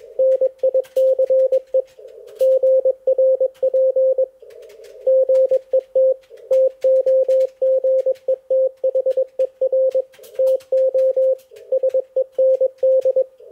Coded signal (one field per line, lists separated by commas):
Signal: Morse code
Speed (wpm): 20 wpm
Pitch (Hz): 530 Hz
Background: none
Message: NICE GRP GET TOGETHER TO SEND